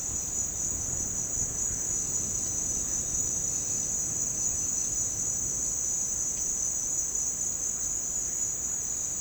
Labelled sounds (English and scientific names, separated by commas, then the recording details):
none
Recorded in dense forest near Puerto Asís, Putumayo, Colombia, on 24 June 2025 at 09:00
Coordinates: 0.499, -76.324
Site G100